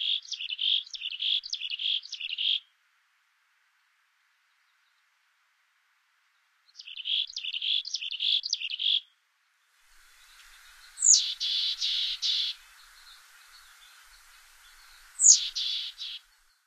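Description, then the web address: Mexican chickadee calls: husky buzzy chatter in rapid bursts of several notes, repeated after pauses, later with longer raspy buzzes. "Songs of Birds of North America Stokes. Mexican Chickadee"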